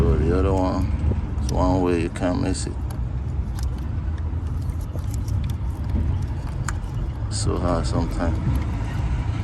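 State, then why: Not seated. An electrical connector is being handled onto a fuel injector of a Jeep Grand Cherokee with a rough idle, engine misfires and poor acceleration, over a steady low engine rumble. Someone talks, and a few faint ticks and one sharper tap are heard as the connector is worked by hand. Nothing has seated or clicked yet.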